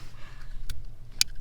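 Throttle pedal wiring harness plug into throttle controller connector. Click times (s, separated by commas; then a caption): 1.2 s. The original throttle pedal wiring harness plug on a third-generation Toyota Tacoma is pushed into the matching connector on a throttle chip (throttle controller), which has a small clasp for the clip. Over a low background rumble there is a softer tap at 0.7 s, then one sharp, loud click at 1.2 s as the connector seats.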